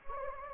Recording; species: mosquito wingbeat signal from an infrared sensor; Anopheles gambiae